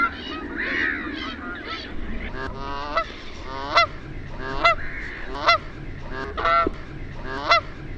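Bird giving loud nasal honks, about once a second, with other birds honking and calling softer in the background.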